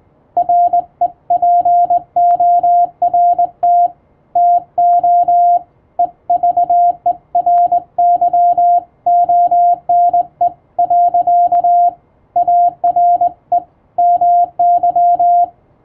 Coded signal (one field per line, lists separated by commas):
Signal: Morse code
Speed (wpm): 20 wpm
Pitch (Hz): 700 Hz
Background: radio noise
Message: REPORT TO EVERYONE. ARE MY